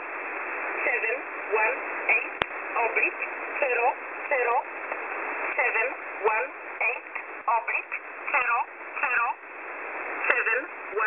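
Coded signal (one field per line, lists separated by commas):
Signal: numbers station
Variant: E11 Oblique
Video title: E11 Oblique 23/08/2023 0845 UTC 12815kHz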